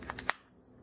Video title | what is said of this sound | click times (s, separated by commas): Tandemkross Plus 1 Pro Magazine Bumper Install | go. Clicks right into place. | 0.3 s